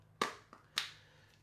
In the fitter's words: Solid click onto there.